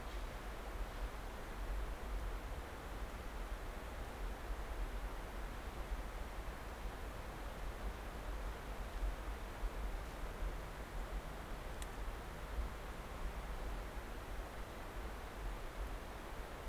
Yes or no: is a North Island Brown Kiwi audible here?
no